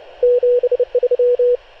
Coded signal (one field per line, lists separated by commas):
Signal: Morse code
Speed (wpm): 29 wpm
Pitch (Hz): 490 Hz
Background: radio noise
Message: 73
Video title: Radio Field Operations, Mont Macaron.